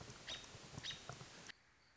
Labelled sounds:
American Robin

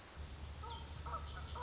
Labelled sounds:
Orange-crowned Warbler

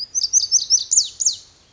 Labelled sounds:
Lazuli Bunting

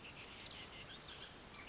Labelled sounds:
Bullock's Oriole

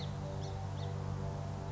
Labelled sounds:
Song Sparrow

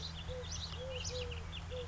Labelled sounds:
Eurasian Collared Dove

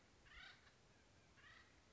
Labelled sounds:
Acorn Woodpecker

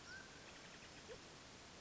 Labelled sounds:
Mountain Quail

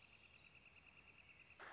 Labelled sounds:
Northern Flicker

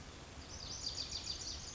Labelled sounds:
Lazuli Bunting

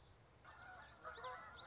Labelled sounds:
Common Yellowthroat

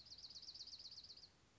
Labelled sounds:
Dark-eyed Junco

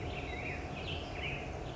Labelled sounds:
Black-headed Grosbeak

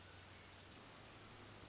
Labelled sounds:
Hermit Thrush

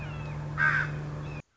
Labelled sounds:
Red-shouldered Hawk

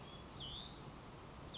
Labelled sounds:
Hutton's Vireo

